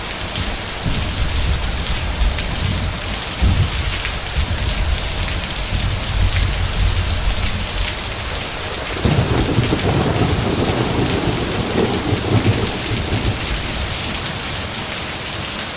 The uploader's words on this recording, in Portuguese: Barulho de Chuva Forte. Barulho de uma chuva forte e seus trovões que cai repentinamente.